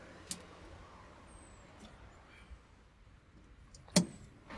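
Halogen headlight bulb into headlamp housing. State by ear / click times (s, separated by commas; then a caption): seated / 4.0 s. A halogen headlight bulb is pushed back into the headlamp housing of a 2023 Jeep Renegade, with its holes facing the bottom, until it seats. Over a low steady background hiss, there are a sharp tick at 0.3 s and a faint one at 3.8 s, then a loud, crisp click at 4.0 s. The bulb is confirmed clicked into place.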